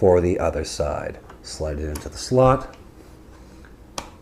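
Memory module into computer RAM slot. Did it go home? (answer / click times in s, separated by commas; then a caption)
yes / 4.0 s. A laptop-style memory module is slid into the second RAM slot of a Mid 2010 iMac (21.5" or 27" Core i3, i5, i7), an all-in-one computer, and pressed home with the fingers, which takes a fair bit of force. Someone talks, then after a quiet stretch a sharp, short click at 4.0 s marks the module seating in the slot.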